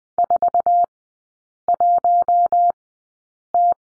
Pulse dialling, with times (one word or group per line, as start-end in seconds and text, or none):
none